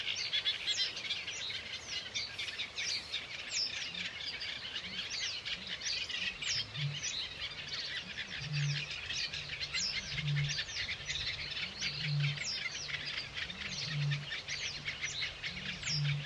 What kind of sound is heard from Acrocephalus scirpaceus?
song